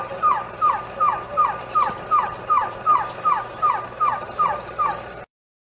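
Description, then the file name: Green-backed trogon song, a rhythmic string of short mellow notes each dropping in pitch, about two and a half per second. "canto do surucua de barriga amarela"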